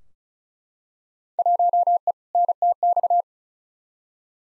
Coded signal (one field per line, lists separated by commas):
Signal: Morse code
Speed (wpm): 34 wpm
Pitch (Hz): 700 Hz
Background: none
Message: 1E NTX